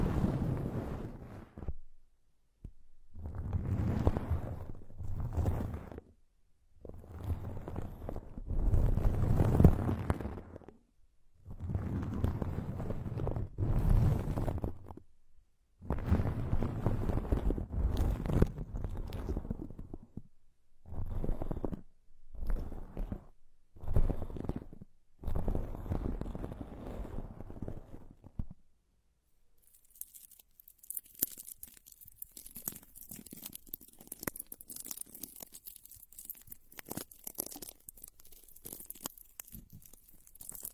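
Plants rubbed in circles around the ears give rustling, swelling passes in bursts for thirty seconds, then turn to thinner, brighter crackling scratches.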